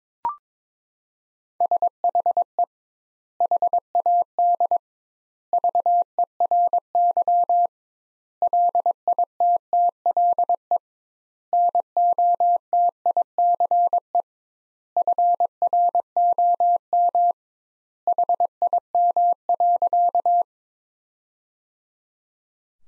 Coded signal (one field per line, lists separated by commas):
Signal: Morse code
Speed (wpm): 22 wpm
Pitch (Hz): 700 Hz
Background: none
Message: SHE HAD VERY LITTLE NOTICE FROM HIM.